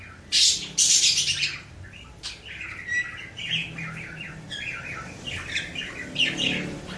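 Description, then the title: Mixed birdsong with several birds calling at once: loud bright chirps near the start, then scattered high twittering notes and short squawks overlapping throughout. "Burung Campur"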